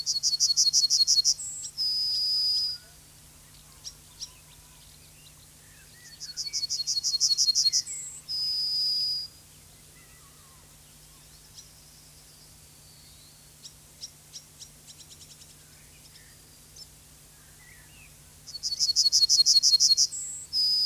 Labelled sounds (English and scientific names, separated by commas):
Yellowhammer (Emberiza citrinella) song